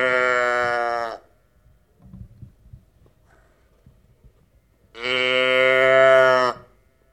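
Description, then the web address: Sheep bleating: two long bleats, one at the start and another after about five seconds, with a quiet gap between. "pecore pecora sheep"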